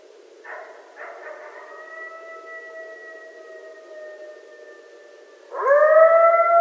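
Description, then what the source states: Coyote howl, a faint steady tone held for several seconds, then a louder rising howl bursts in at the end. Coyotes recorded at night, 13 November 2012.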